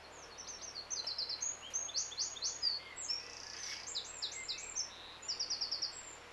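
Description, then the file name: Eurasian wren song, a rapid series of high trills and sharp notes running for several seconds with hardly a pause, over steady background hiss. "Troglodytes troglodytes"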